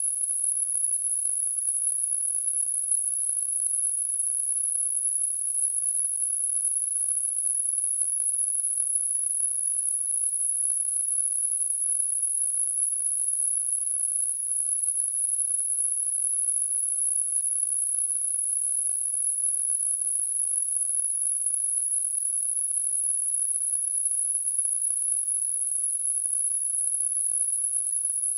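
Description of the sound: A steady, unbroken high-pitched synthetic tone at roughly 9 kHz with faint high-frequency hiss, constant for the whole clip, simulating tonal tinnitus.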